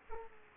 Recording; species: mosquito wingbeat signal from an infrared sensor; Aedes aegypti